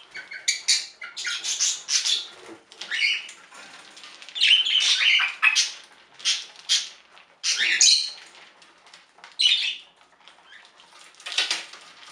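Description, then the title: Budgerigar chatter, a busy run of scratchy squawks and warbled chirps in irregular bursts, continuing with short pauses throughout. "Budgie Sounds"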